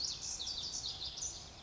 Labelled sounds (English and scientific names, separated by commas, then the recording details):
Pacific Wren (Troglodytes pacificus)
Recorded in Sonoma County, California